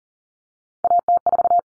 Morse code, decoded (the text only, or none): AT4